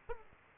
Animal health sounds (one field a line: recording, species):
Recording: mosquito wingbeat signal from an infrared sensor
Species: Aedes aegypti